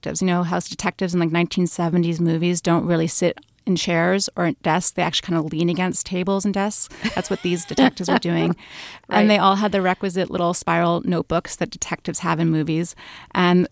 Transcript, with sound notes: You know how detectives in, like, 1970s movies don't really sit in chairs or desks, they actually kind of lean against tables and desks?
(Laughter).
That's what these detectives were doing, and they all had the requisite little spiral notebooks that detectives have in movies.